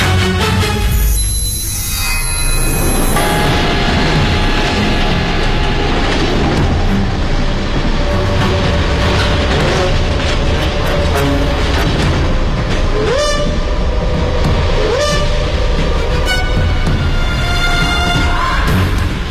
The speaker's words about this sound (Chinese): 1933年3月，一列火车开到黑龙江省佳木斯附近的永丰镇，车上载着的是大批即将出嫁的年轻日本女子。